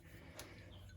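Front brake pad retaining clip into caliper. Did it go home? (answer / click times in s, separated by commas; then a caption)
yes / 0.4 s. A new front brake pad is pressed into a 1995 Ford F-150 truck caliper after its metal retaining clips are popped up. A faint, sharp tick is heard at 0.4 s over a low steady background hum. The pad's retaining clip snaps and seats into place.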